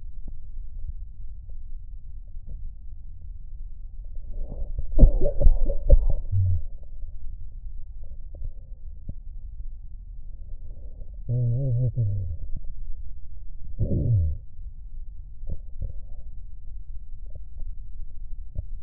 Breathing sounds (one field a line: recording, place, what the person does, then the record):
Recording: lung sounds by stethoscope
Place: right posterior basal chest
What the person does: quiet breathing, then cough and speech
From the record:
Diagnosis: interstitial lung disease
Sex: male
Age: 66 years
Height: 172 cm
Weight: 107.6 kg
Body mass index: 36.4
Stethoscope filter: extended mode